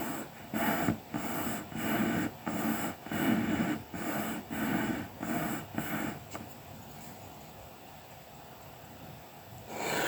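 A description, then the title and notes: Colouring pencil strokes on paper, a rhythmic scratchy rubbing repeated about every half second for the first six seconds, each stroke a dense papery swish. After that the strokes stop and only a faint hiss remains until a new rub starts near the end. Soothing sounds of colouring pencil work and paper massage.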